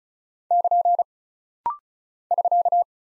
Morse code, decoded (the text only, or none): <KN> <SK>